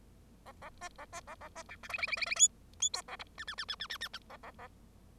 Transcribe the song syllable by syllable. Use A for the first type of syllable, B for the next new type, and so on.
A A B A B A A B C D E E E E E F F G A H I I I I I I I I A A A